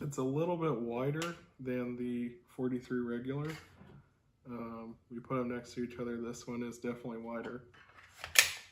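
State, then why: Seated. Someone talks while comparing a Glock 43X 9mm micro compact polymer-frame pistol with the smaller regular 43. A part, likely the magazine going into the pistol grip, is then pushed in and locks home with a sharp click at 8.4 s, fully seated.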